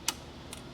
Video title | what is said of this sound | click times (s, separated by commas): Why Won't This Honda Shift? - 1980 Honda C70 Mystery Solved! | See how you hear it clicking? Yep, | 0.1 s, 0.5 s